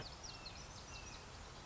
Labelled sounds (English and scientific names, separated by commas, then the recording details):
Red-shouldered Hawk (Buteo lineatus)
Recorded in Sonoma County, California